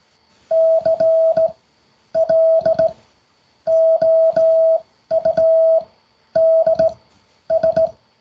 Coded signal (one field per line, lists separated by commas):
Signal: Morse code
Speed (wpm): 18 wpm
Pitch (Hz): 650 Hz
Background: music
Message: CLOUDS